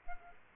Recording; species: mosquito wingbeat signal from an infrared sensor; Aedes aegypti